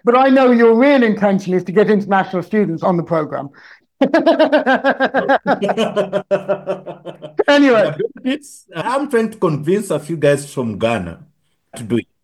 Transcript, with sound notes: But I know your real intention is to get international students on the program.. [Laughs] Anyway.
I’m trying to convince a few guys from Ghana to do it.